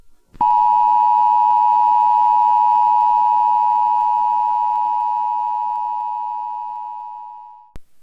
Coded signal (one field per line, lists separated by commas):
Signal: Emergency Alert System (SAME) tones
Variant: 853 and 960 Hz attention tone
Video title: Emergency Alert System (EAS) Atomic Bomb (Iraq)